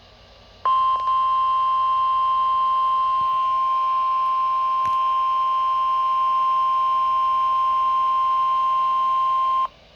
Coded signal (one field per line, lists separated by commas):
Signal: Emergency Alert System (SAME) tones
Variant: 1050 Hz attention tone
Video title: WXK97 JOINS THE TEST... (2/9/22) (EAS #836-838)